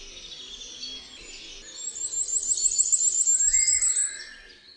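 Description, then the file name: Common firecrest song, a very high, thin series of rapid notes rising slightly, with other bird sounds around it. "ZNICZEK"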